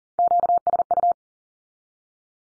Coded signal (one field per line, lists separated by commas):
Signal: Morse code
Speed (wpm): 40 wpm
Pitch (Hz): 700 Hz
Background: none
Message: QSU